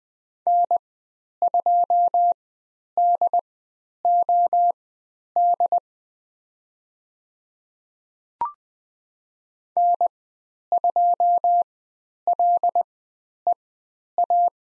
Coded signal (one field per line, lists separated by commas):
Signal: Morse code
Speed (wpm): 20 wpm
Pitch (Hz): 700 Hz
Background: none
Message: N2DOD N2LEA